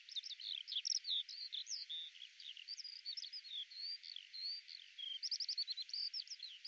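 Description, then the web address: Skylark song, a rapid jumble of high twitters, short whistles and brief trills flowing continuously. "cianscape birddata Deverinetal 2025 Bird Al Ar"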